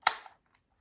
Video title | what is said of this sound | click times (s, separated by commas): DJI Mavic 2 in 2022 ... still worth it? | So when you put in the battery, you want to hear that click. | 0.1 s